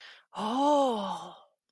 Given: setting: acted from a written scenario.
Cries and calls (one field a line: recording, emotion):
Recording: vocal sound without words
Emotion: realization